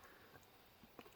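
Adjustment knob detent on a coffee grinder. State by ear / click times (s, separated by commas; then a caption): seated / 1.0 s. The calibration knob of a Casadio coffee grinder is turned a little to make it grind faster, and it snaps into its next half-turn detent. A single short, sharp click sounds at 1.0 s over quiet background noise, with a faint softer knock just before it. The knob is seated at the half-turn position.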